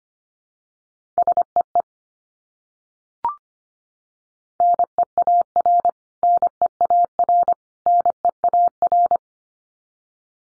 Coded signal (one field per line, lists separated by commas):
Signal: Morse code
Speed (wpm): 25 wpm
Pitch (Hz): 700 Hz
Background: none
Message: SEE NEAR NEAR NEAR